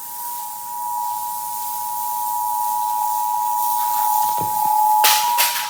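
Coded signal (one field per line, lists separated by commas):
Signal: Emergency Alert System (SAME) tones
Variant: 853 and 960 Hz attention tone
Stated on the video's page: Flash flood warning received on Xfinity cable in Miami.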